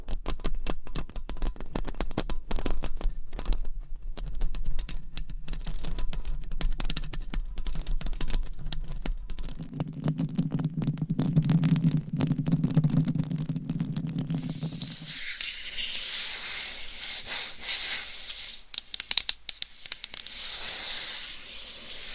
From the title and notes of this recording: Mic Scratching Brain Scratching with DIFFERENT MICS Covers & Nails. No Talking.